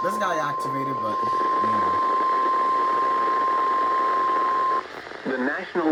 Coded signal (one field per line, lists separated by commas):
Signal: Emergency Alert System (SAME) tones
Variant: 1050 Hz attention tone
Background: speech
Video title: A Lonely SVR | EAS #670